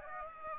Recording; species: mosquito wingbeat signal from an infrared sensor; Aedes aegypti